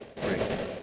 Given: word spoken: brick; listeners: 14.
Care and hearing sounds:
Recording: one English word in noise, from a listening test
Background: noise modulated by three-talker babble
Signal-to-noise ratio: -6.4 dB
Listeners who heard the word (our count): 1 of 14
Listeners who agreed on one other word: 6 of 14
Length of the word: 0.43 s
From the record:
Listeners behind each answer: 6, 3, 1, 1, 1, 1, 1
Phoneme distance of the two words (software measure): 10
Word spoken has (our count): 1 syllable, 4 phonemes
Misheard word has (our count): 1 syllable, 4 phonemes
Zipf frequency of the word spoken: 4.18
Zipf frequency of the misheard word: 4.71

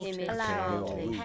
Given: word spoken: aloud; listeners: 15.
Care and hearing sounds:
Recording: one English word in noise, from a listening test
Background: four-talker babble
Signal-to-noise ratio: -1.5 dB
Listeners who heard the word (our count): 0 of 15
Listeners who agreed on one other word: 11 of 15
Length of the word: 0.85 s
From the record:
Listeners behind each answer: 11, 3, 1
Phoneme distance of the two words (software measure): 40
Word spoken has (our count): 2 syllables, 4 phonemes, stress on syllable 2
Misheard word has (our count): 2 syllables, 4 phonemes, stress on syllable 1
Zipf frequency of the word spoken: 3.58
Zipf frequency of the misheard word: 4.64

